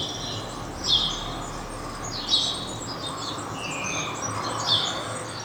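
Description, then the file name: House sparrow calls: three sharp chirps spaced a second or more apart, with a faint buzzy note and low rumbling noise in the background. "Passer domesticus"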